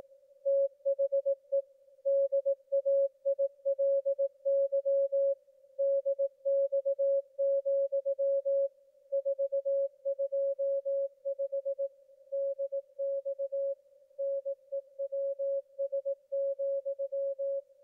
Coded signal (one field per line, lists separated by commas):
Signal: Morse code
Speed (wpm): 18 wpm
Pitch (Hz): 550 Hz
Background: none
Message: THE DAILY DX, 425 DX NEWS,